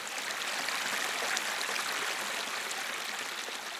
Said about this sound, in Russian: Второй ручей равнинный. Он более спокойный и размеренный.